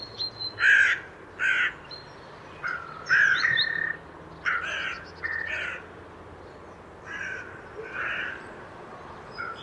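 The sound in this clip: Bird repeating harsh caws irregularly across several seconds, some louder and some softer, mixed with thin high chirps.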